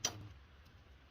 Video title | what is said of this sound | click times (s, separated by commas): G2 Firebox Stove | so as i open this it just snaps out of the way so | 0.0 s